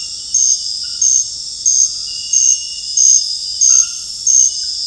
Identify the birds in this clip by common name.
none